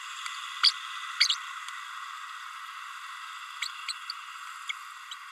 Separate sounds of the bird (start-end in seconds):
0.63-0.71, 1.20-1.27, 3.88-3.93, 4.09-4.12